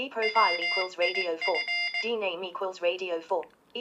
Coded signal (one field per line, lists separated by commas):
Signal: Morse code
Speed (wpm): 18 wpm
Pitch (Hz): 2100 Hz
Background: speech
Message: WIF